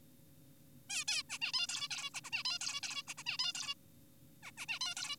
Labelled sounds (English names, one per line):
Zebra Finch